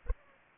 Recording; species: mosquito wingbeat signal from an infrared sensor; Culex pipiens